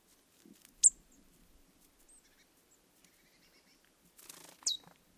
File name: Poecile palustris